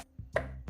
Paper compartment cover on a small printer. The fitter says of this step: Terus kalau sudah kita dorong Sampai bunyi